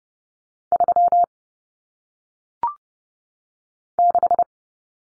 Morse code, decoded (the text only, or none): 3 6